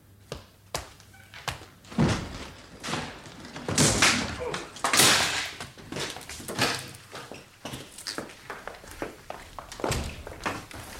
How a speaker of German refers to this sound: Hat keinen Zweck. Meldet sich keiner. Dann schlagen Sie die Tür ein.